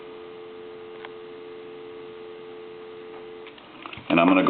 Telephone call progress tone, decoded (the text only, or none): dial tone